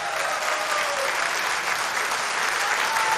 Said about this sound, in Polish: Po raz pierwszy w studiu imienia Agnieszki Osieckiej na koncercie siedzącego tutaj na krześle widziałem legendę trójki, Henia Sytnera, on tam gdzieś jest, brawa dla niego, śmiało.